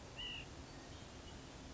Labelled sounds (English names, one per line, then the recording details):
White-breasted Nuthatch
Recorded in Sonoma County, California